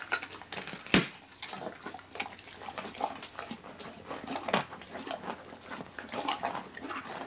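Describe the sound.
Horse eating, uneven crunching and grinding throughout, broken by one sharp knock near the first second.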